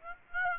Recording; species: mosquito wingbeat signal from an infrared sensor; Aedes aegypti